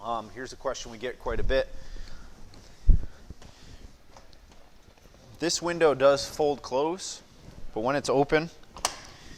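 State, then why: Seated. Someone talks while the hinged center windshield window on the folding windshield of a 2020 Pursuit DC266 boat console is swung open. A sharp click at 8.9 s is its latch locking the window in place, open.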